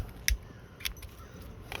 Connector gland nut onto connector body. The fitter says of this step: and tighten it up even more until it clicks.